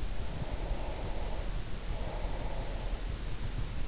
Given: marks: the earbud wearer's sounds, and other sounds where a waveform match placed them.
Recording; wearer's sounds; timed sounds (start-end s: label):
sounds in sleep by an in-ear microphone; breath
0.23-3.04 s: breath